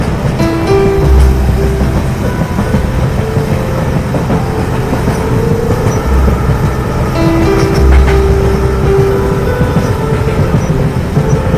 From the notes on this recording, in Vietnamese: tiếng tàu chạy xình xịch